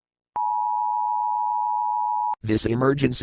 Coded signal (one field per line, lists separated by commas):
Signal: Emergency Alert System (SAME) tones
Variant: 853 and 960 Hz attention tone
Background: speech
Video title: The uoɯōɥsɐᴚ Effect || EAS